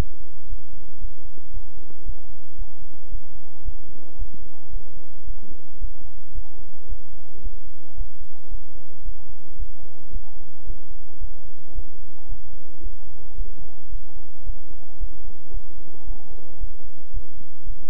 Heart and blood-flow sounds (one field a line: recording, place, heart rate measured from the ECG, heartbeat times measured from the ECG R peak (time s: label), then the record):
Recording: heart sounds by stethoscope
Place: between the tricuspid and mitral areas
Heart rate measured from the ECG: 112 bpm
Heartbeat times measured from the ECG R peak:
0.47 s: heartbeat
0.99 s: heartbeat
1.51 s: heartbeat
2.04 s: heartbeat
2.56 s: heartbeat
3.09 s: heartbeat
3.63 s: heartbeat
4.17 s: heartbeat
4.71 s: heartbeat
5.25 s: heartbeat
5.79 s: heartbeat
6.33 s: heartbeat
6.87 s: heartbeat
7.41 s: heartbeat
7.95 s: heartbeat
8.49 s: heartbeat
9.03 s: heartbeat
9.57 s: heartbeat
10.11 s: heartbeat
10.65 s: heartbeat
11.19 s: heartbeat
11.73 s: heartbeat
12.27 s: heartbeat
12.81 s: heartbeat
13.35 s: heartbeat
13.90 s: heartbeat
14.44 s: heartbeat
14.98 s: heartbeat
15.52 s: heartbeat
16.05 s: heartbeat
16.58 s: heartbeat
17.12 s: heartbeat
17.64 s: heartbeat
From the record:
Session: bicycle stress test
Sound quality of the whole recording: good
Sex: male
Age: 26 years